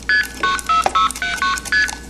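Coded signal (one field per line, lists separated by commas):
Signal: multi-frequency trunk signalling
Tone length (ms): 130 ms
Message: ST969ST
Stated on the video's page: Blue box tones from a working replica of the 1971 Esquire article's blue box, built on a PIC 12F683 design.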